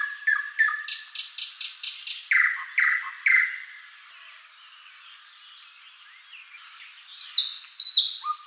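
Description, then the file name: Thrush nightingale song opens with a fast series of hard, clicking notes. Lower tones follow, then a quiet pause, then high whistled phrases near the end. "solovey obyknovennyy golos"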